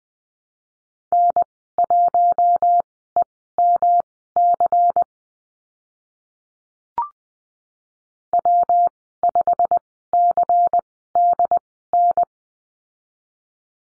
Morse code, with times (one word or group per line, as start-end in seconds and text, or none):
1.1-5.0 N1EMC
8.3-12.2 W5CDN